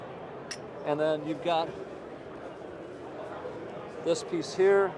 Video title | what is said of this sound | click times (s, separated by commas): etrailer - The GEN-Y Gooseneck Offset: A Manufacturers Look at Cab Clearance | and when you open it you set it down and when you lock it they lock into place | 0.5 s